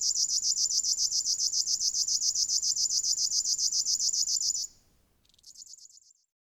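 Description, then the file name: River warbler song: a dry, insect-like rhythmic buzzing of rapid, evenly repeated pulses, stopping after about four and a half seconds, then briefly and faintly resuming. "Strumieniowka"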